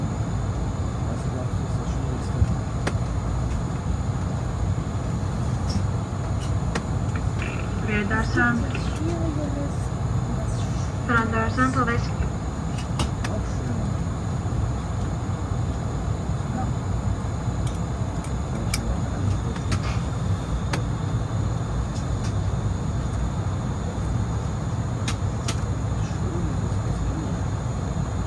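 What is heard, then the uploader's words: A steady, dense engine roar fills a passenger flight cabin, heavy in the low end and unchanging throughout. Around eight and twelve seconds, voices rise briefly above the drone, likely speech. Scattered short clicks and ticks sound now and then, especially toward the end. Airbus A220 London Heathrow to Düsseldorf (airBaltic). Full flights with all of it's sounds including passenger announcements, service and of course the engines.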